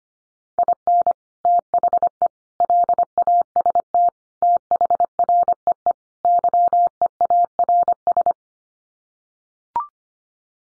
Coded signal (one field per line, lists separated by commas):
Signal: Morse code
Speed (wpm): 25 wpm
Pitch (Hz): 700 Hz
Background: none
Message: IN THE LAST THREE YEARS